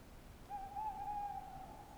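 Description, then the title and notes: Tawny owl giving a long, steady hoot on one mid pitch, lasting about a second and a quarter with a slight waver, over a quiet low rumble. "314 Rte des Galets, Alles-sur-Dordogne, France - Chouette de Limeuil. Magnifique chouette hulotte en bord de Dordogne dans l'acoustique boisé de cette belle nuit étoilée!"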